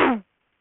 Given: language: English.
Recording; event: throat vibration sensor signal played as sound; throat clearing